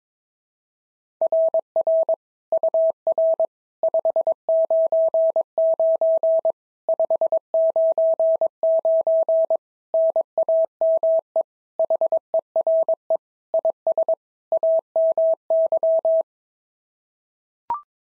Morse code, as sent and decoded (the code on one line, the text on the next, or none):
.-. .-. / ..- .-. / ..... ----. ----. / ..... ----. ----. / -. .- -- . / .... . .-. . / .. ... / .- -- -.--
RR UR 599 599 NAME HERE IS AMY